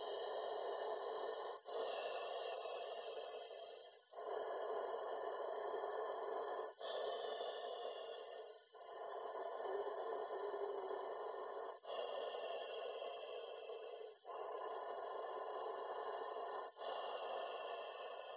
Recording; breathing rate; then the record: paced breathing near a phone; 12 breaths a minute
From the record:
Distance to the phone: 20 cm